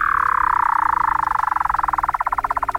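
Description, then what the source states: Weddell seal trill: a descending tone that breaks into rapid pulses. Weddell seals in Antarctica; otherworldly-sounding vocalizations.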